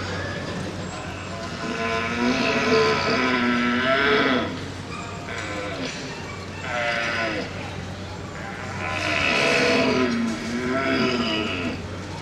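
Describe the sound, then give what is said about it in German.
A bedded red deer stag, somewhat spent and tired, roars twice, each a long, deep, groaning bellow lasting a few seconds, separated by a short pause, with a steady low hum underneath. “Im Bett sitzender Hirsch, etwas abgepumpt, etwas müde, noch einmal Hirsch.”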